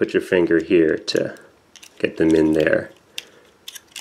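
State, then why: Seated. Someone talks while pressing a pair of plastic tabs with a finger into the windshield slots of a Transformers Masterpiece MP-28 Hot Rodimus transforming robot figure. Two sharp snaps are heard at 3.2 s and 3.7 s as the tabs seat with a nice, tight fit.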